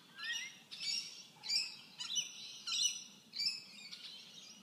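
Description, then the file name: Bird chirping in short bright bursts, repeated roughly every half to one second, high-pitched and twittery, with a faint low background hum. "Tweets"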